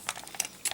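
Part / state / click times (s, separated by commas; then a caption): light-up plastic insert into a toy robot figure's panel / seated / 0.1 s, 0.4 s. A light-up plastic piece is pushed, button facing inward, into a panel on a Planet X Genesis transforming robot figure (a WFC Omega Supreme-style toy), then rotated so its tabs lock it in place. Sharp plastic clicks sound at 0.1 s and 0.4 s, with lighter ticks and rattles around them and another click near 0.7 s. The piece ends up seated and locked.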